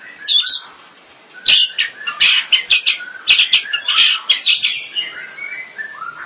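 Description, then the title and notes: Bird song: a brief chirp, a pause, then harsh, buzzy chattering notes mixed with chirps in a busy jumble to the end. "Bird Sound. Kicau Burung Lengkap"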